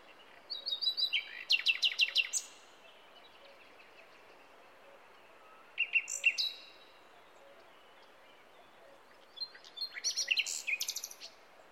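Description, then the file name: Common nightingale song in three separate bursts, each a quick run of sharp, repeated high notes and rattles, with quiet gaps between them. "Luscinia megarhynchos"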